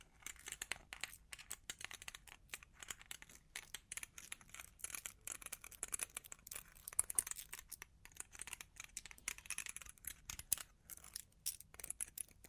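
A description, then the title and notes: Long claws tap and scratch on a surface in quick, uneven bursts, with short gaps between them throughout. The clicks are dry and bright, and a few sharper taps stand out around the middle and near ten seconds. Underneath sits a faint low rumble. Long Claws Tapping and Scratching (No Talking).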